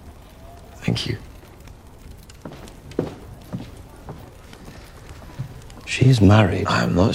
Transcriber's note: soundbite of footsteps